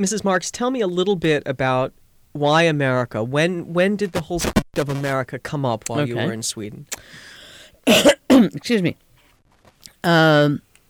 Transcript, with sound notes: Marks, tell me a little bit about, why America? When did the whole subject of America come up while you were in Sweden?
( she clears her throat ) Excuse me. My